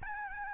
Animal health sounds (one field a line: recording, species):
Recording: mosquito wingbeat signal from an infrared sensor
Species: Aedes albopictus